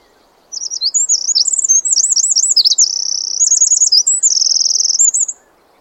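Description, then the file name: Eurasian wren delivering one energetic, high, tumbling phrase of quick chips and rolling trills, about five seconds long, with silence before and after. "Troglodytes troglodytes"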